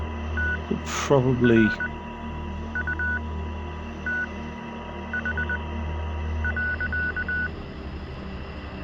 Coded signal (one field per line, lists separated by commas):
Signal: Morse code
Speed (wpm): 20 wpm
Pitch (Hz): 1480 Hz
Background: speech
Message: TRUTH.